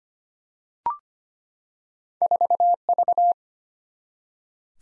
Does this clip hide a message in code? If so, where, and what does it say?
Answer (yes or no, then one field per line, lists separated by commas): yes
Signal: Morse code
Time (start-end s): 2.2-3.3 s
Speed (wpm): 25 wpm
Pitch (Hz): 700 Hz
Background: none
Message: 4V